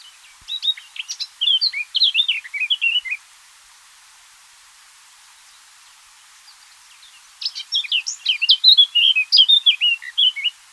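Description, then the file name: Eurasian blackcap song, two bursts of quick, varied warbling notes separated by a long pause. "Sylvia atricapilla"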